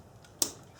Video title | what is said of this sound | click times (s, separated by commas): SUBARU Ignition Coil - Subaru Ignition Assembly - Subaru Spark Plug Wires | There we go. Gives you a click. | 0.4 s